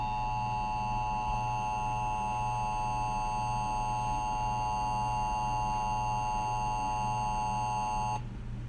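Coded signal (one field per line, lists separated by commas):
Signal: Emergency Alert System (SAME) tones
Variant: 853 and 960 Hz attention tone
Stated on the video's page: Fictional EAS scenario, not a real alert.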